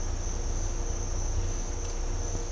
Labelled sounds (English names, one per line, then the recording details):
none
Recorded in dense forest near Puerto Asís, Putumayo, Colombia, on 20 December 2024 at 07:00
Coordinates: 0.503, -76.323
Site G043